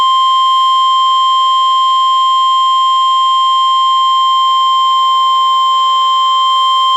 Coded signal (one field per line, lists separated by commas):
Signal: Emergency Alert System (SAME) tones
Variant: 1050 Hz attention tone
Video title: KWO35 Required Weekly Test - June 24, 2015 - (EAS #1,442)